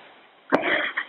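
One sharp, harsh cough with a brief rough tail from an adult woman on a telephone line, caught in a house fire with her eyes full of smoke.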